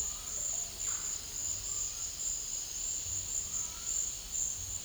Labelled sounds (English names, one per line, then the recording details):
none
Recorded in dense forest near Puerto Asís, Putumayo, Colombia, on 22 December 2024 at 11:00
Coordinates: 0.484, -76.325
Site G056